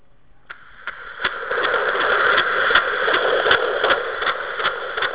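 Fast, steady whooshing pulses at about 155 a minute: a fetal heartbeat heard by Doppler monitor at 31 weeks of pregnancy.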